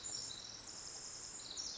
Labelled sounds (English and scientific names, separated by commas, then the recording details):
Pacific Wren (Troglodytes pacificus)
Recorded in Sonoma County, California